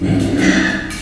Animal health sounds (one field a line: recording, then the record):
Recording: squeal of a Yucatan mini pig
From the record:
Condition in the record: after surgery on the right vocal fold (resection and tissue-engineered implant)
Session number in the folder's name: 1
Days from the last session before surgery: 13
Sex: female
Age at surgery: 19 weeks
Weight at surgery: 25 kg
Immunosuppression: prednisolone